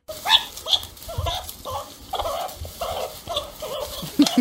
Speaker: In 9% der Fälle gab es daraufhin einen Kampf, weil die Erdmännchen sauer waren, begleitet von Geschrei, und so hört sich das an.